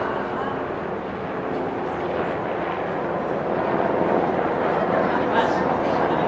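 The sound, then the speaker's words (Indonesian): A helicopter flies overhead with a steady, broad mechanical roar, holding a fairly constant loudness and swelling slightly toward the end, with faint voices mixed underneath. “Kayak di Rohingya ini. Helikopter.”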